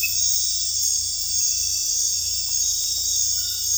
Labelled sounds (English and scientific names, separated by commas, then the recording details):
none
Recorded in dense forest near Puerto Asís, Putumayo, Colombia, on 18 December 2024 at 20:00
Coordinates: 0.484, -76.317
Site G026